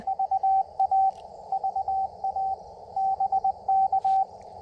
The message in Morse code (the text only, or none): VA VA BK